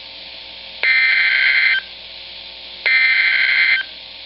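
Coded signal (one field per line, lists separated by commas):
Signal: Emergency Alert System (SAME) tones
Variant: header bursts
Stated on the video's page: Real warnings received from NOAA Weather Radio station in Baltimore on 162.400 MHz.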